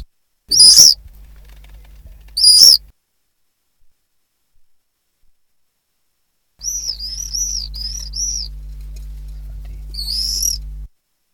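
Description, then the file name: Common swift screams: two sharp shrill bursts early, a quiet gap, then a wavering buzzy trill and one last harsh scream, with a low hum underneath. "apus apus"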